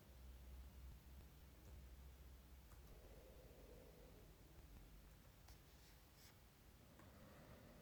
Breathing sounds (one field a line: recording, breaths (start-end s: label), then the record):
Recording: nose breathing near a microphone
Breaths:
0.00-1.39 s: inhalation
2.60-4.99 s: exhalation
6.87-7.82 s: inhalation
From the record:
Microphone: phone